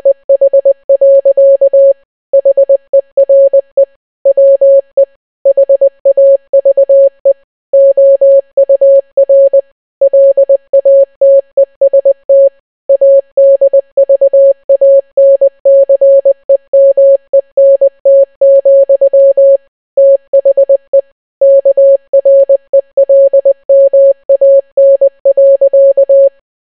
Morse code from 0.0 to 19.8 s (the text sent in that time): EH. HERE WE HAVE OUR LATEST ADVANCEMENT,